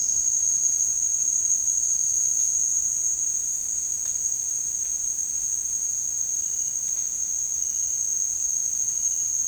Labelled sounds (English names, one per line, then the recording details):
none
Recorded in dense forest near Puerto Asís, Putumayo, Colombia, on 12 March 2025 at 17:00
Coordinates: 0.485, -76.318
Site G056